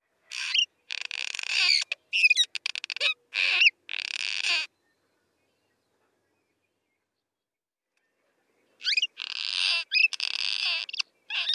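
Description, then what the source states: Cliff swallow nest chatter: squeaky, clanking bursts of rapid notes in several quick runs, a pause of about four seconds, then another busy stretch of scratchy chatter. Nest chatter and song, recorded with a parabolic microphone, isolated and processed clean; colonial birds nesting in cliff crevices, often singing from the nest entrance.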